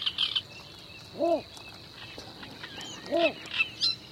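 Bittern giving two short, arched hoots about two seconds apart, with other birds calling in the background.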